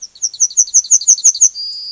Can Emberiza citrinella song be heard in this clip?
yes